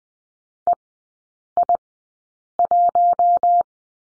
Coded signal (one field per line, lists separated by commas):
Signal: Morse code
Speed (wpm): 20 wpm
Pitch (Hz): 700 Hz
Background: none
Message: E I 1